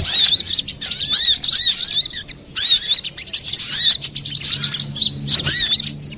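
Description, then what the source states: Little spiderhunter song, an almost unbroken rush of sharp, high chirps and whistled slurs with a few brief breaks. Master recording of the Labaik type, made for training cage birds.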